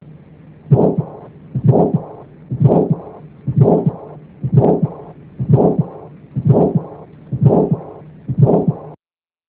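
Adult heart heard by stethoscope: a regular heartbeat about 62 a minute with a rushing murmur after each beat, combined systolic and diastolic murmurs.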